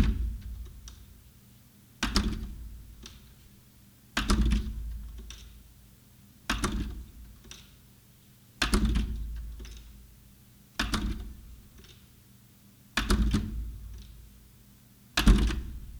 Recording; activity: daily activity, guitar pickup as the sensor; manipulate door